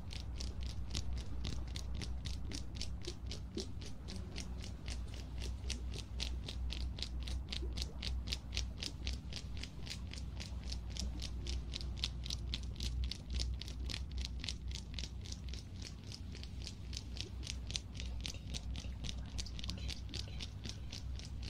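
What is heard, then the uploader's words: Ear cleaning and massage sounds as rapid, evenly spaced crackly scratches repeat steadily for the whole stretch over a constant low rumble. ASMR Ear cleaning & Ear massage.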